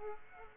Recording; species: mosquito wingbeat signal from an infrared sensor; Aedes aegypti